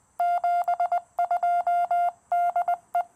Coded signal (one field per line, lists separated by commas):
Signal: Morse code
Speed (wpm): 20 wpm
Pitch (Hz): 700 Hz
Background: none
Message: 72 DE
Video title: POTA Test: Exploring the QMX High-Band & Lightweight Explorer Carbon Fiber Mast!